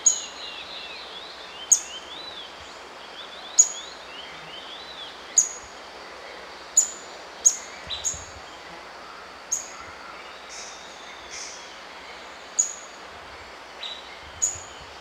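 White-browed foliage-gleaner calls: sharp, very high, clicking notes repeated about every one to two seconds, over faint lower warbling notes and a steady hiss.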